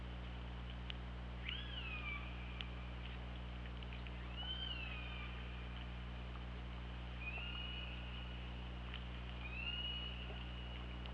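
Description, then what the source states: Killer whale calls: four arching tones with harmonics, a few seconds apart, over continuous low underwater drone. OrcaLab hydrophone, 24 August 2017, about 21:10.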